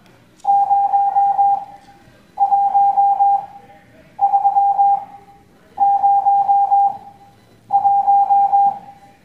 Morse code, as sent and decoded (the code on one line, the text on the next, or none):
----- .---- ...-- ----- .----
01301